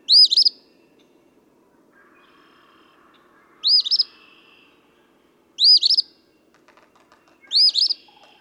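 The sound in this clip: Eastern phoebe singing its scratchy two-part phrase four times with irregular gaps.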